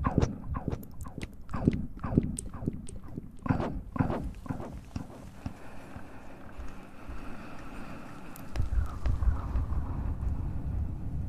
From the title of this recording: ASMR Mouth Sounds & Ear Play